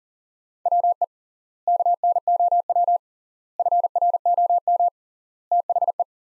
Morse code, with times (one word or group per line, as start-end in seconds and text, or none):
0.7-1.0 WE
1.7-3.0 KNOW
3.6-4.9 FROM
5.5-6.0 THE